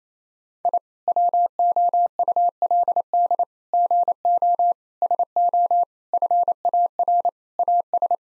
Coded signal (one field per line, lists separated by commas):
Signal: Morse code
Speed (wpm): 28 wpm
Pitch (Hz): 700 Hz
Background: none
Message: I WOULD GO SO FAR AS